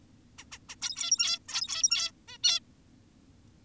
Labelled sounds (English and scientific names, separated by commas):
Zebra Finch (Taeniopygia guttata)